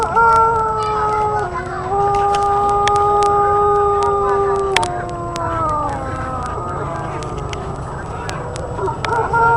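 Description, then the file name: Pelung chicken crowing, long drawn-out level tones held for several seconds, several crows overlapping and following each other, with faint chatter and clicks behind. Pelung chickens at a contest at Rancatungku. "kontes ayam pelung rancatungku"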